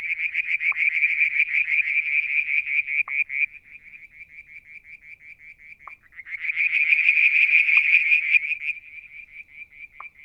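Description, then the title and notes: Frog calling in fast, evenly pulsed trills that drop to quieter pulsing midway and then build again, broken by brief sharp pops every few seconds. Mount Wilson, New South Wales, Australia; July 2022; one evening near a water tank; striped marsh frog, Verreaux's tree frog and an unidentified frog calling. "Frog song, Mount Wilson, New South Wales, Australia in July 2022 – by Alexander Moffatt. Limnodynastes Peronii, Litoria Verreauxii and a mystery frog one evening near the water tank"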